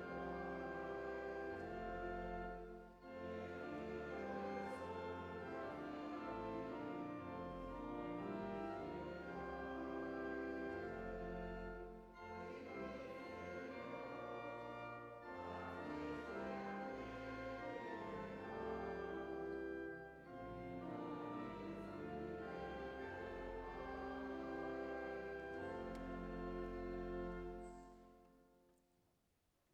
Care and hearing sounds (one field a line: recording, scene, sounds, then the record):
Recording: everyday scene through a hearing-aid microphone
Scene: reverberant space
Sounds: music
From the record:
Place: church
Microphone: behind the ear, right, front